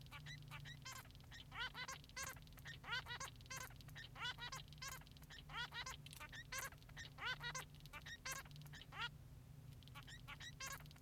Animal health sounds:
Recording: song of a male Bengalese finch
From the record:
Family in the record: son of father 3

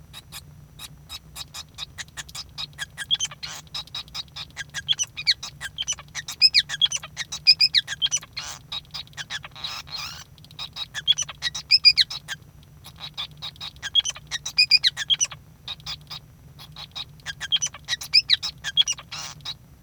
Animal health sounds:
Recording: song of a male Bengalese finch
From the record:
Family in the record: son of father 5

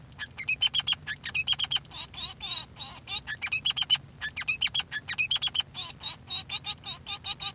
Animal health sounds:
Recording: song of a male Bengalese finch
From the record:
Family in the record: son of father 3

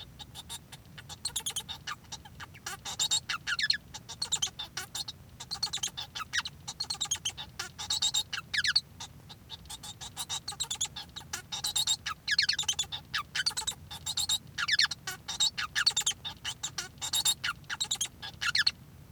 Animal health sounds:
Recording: song of a male Bengalese finch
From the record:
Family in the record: son of father 1

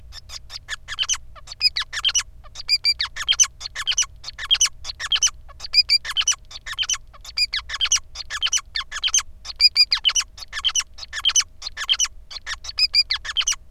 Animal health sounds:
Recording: song of a male Bengalese finch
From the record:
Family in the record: son of father 5

